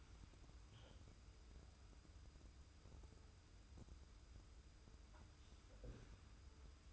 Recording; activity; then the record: daily activity, microphone in the room; wipe stove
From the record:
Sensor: 2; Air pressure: 990.4 hPa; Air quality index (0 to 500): 192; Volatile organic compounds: 1000 ppm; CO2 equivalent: 6111 ppm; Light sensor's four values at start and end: 33/79/32/32 and 33/79/32/32